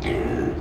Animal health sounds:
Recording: contact call of a hoofed animal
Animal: pig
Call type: closed-mouth grunt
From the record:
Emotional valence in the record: negative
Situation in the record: short social isolation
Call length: 0.61 s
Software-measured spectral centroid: 1540 Hz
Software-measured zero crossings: 1040 a second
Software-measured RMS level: -24 dBFS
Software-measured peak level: -12 dBFS

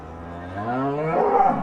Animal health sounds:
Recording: contact call of a hoofed animal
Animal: cattle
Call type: low-frequency (closed-mouth) or high-frequency (open-mouth) call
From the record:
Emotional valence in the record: negative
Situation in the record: full separation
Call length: 1.63 s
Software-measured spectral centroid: 930 Hz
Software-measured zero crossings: 1250 a second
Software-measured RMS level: -23 dBFS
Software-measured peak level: -6 dBFS

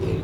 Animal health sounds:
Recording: contact call of a hoofed animal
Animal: pig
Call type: closed-mouth grunt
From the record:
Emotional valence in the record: negative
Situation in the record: short social isolation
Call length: 0.24 s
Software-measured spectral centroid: 1440 Hz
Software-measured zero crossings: 770 a second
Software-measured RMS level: -24 dBFS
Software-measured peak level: -13 dBFS

